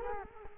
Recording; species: mosquito wingbeat signal from an infrared sensor; Culex quinquefasciatus